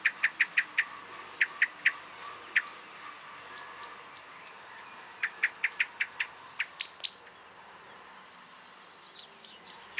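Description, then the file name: Common blackbird giving brisk series of clicking chink notes, pausing, then another run, followed by two louder high notes and quieter background. "Turdus merula"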